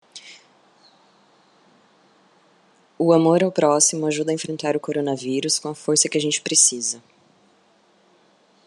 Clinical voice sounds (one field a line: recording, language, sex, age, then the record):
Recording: spoken sentence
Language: Brazilian Portuguese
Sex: female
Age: 30 to 39 years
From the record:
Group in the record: control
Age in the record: 35 years